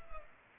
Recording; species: mosquito wingbeat signal from an infrared sensor; Culex pipiens